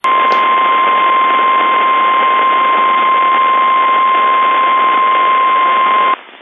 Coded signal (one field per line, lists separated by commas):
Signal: Emergency Alert System (SAME) tones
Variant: 1050 Hz attention tone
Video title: EAS #9 SAUK DANE COLUMBIA MARQUETTE COUNTIES WISCONSIN SEVERE THUNDERSTORM WARNING